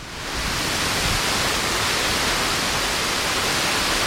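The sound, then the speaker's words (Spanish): A swollen river rushes past a dam at Alcalá del Río, flowing at 1,000 cubic metres per second during Storm Leonardo in February 2026: a steady, powerful roar of churning water, broad and hissing, rising quickly at the start and then holding constant and loud with no voices. “Y este es el sonido del río a su paso por Alcalá del Río.”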